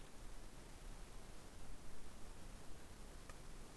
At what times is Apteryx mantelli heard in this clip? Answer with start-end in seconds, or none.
none